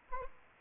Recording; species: mosquito wingbeat signal from an infrared sensor; Anopheles arabiensis